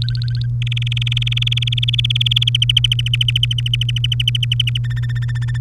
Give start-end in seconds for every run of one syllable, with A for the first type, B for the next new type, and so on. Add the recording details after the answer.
0.02-0.46 A, 0.62-2.65 B, 2.69-4.78 C, 4.84-5.58 D. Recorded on 3 May 2018 at 11:03. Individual llb3